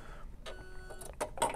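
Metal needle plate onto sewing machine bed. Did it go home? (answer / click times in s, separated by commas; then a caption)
no / none. A metal needle plate is handled over the bed of a Continental M7 Professional sewing machine, where a strong magnet holds it. A faint steady tone runs under light handling noise, followed by a few sharp metallic taps and rattles in the last half-second. The clip ends before the plate goes home, and nothing has seated or clicked yet.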